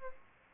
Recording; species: mosquito wingbeat signal from an infrared sensor; Aedes aegypti